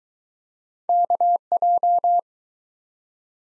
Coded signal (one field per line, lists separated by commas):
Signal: Morse code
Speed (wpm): 20 wpm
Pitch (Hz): 700 Hz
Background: none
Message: KJ